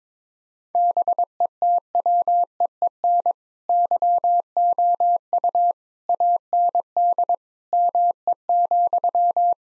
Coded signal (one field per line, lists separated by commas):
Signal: Morse code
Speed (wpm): 22 wpm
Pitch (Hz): 700 Hz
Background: none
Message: BETWEEN YOU AND ME,